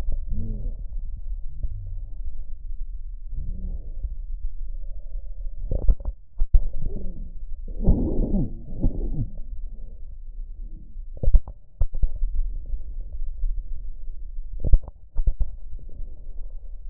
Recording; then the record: lung sounds by stethoscope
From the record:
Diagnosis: chronic bronchitis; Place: left posterior upper chest